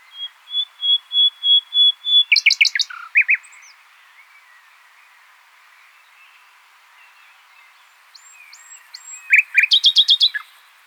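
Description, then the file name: Common nightingale song: a crescendo of repeated piping whistles leading into a rapid trill, a long pause, then high whistles and another fast rattling burst. "Luscinia megarhynchos"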